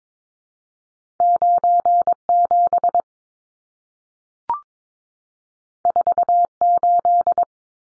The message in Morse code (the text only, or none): 97 48